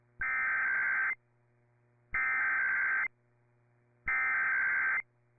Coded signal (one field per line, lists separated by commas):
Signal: Emergency Alert System (SAME) tones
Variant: header bursts